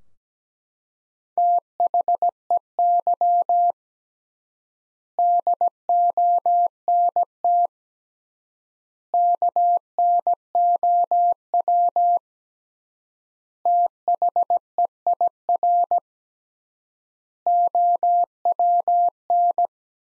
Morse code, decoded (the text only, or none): THEY DONT KNOW THEIR OWN